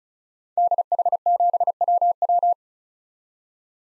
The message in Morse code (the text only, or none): DH7WW